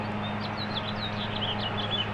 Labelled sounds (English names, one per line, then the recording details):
House Finch song
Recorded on Long Island, New York, on 21 April 2011
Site PW
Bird A